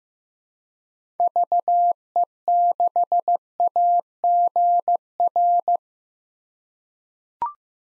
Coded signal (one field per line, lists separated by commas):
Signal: Morse code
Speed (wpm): 15 wpm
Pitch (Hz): 700 Hz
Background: none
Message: VE6AGR